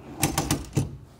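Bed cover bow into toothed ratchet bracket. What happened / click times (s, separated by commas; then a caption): The bow ratchets into a tooth of its bracket / 0.2 s, 0.4 s, 0.5 s. The bow of a Bestop Supertop collapsible truck bed cover on a 2021 Ford F-250 Super Duty is lifted into its toothed ratchet bracket on the other side. A run of sharp ratchet clicks lands at 0.2, 0.4 and 0.5 seconds, followed by two softer clicks. The bow seats in the bracket.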